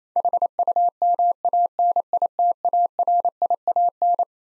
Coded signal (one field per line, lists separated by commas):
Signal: Morse code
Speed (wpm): 27 wpm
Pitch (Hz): 700 Hz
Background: none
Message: HUMANITARIAN